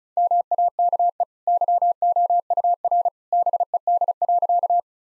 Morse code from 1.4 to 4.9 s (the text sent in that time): YOUR BED.